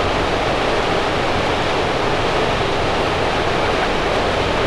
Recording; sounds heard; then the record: poultry house recording; no chicken sound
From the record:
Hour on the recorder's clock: 15